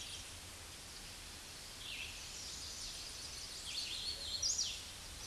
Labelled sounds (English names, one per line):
Hooded Warbler song